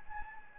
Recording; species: mosquito wingbeat signal from an infrared sensor; Anopheles gambiae